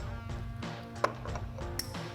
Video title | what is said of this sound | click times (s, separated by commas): 2014-2021 Tundra Morimoto XB LED Headlights Review & Install | And you wanna hear that nice conformation click so you know they're fully seated. | 1.0 s, 1.8 s